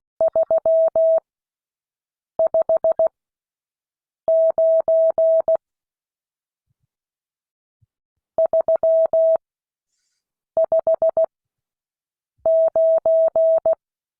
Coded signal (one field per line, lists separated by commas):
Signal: Morse code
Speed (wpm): 16 wpm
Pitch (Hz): 650 Hz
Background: none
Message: 359 359